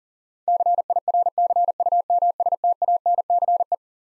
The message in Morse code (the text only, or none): CIRCUMSTANCE